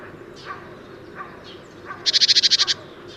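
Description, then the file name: Great tit chatter call: one quick train of about ten high, harsh notes near the end, after a few faint soft calls in the background. "Parus major"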